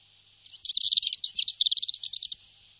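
Bird chattering call: a fast, high, scratchy series of chirps run together for about two seconds, with no other sounds.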